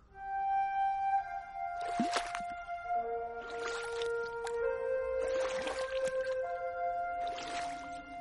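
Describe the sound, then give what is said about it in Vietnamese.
Soft splashes and sloshing water rise in slow bursts every couple of seconds as a small sampan drifts slowly on a wide river at night, over a steady, sustained tonal drone. “Giữa đêm tối, trên mặt sông mênh mông, có chiếc ghe tam bản lừ lừ chậm chạp trôi.”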